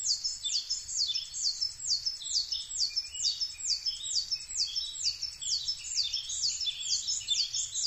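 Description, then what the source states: Coal tit song: a steady, unbroken series of high two-note phrases. Recorded 22 May 2010 at 17:33.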